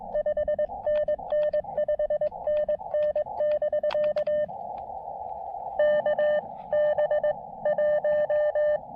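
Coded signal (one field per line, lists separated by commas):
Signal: Morse code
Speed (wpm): 21 wpm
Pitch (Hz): 600 Hz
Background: none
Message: 5NN 5NN <BK> K B 1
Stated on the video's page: QRP CW summit activation on a foggy Craggy Dome using an Elecraft KX2 transceiver and MPAS Lite antenna.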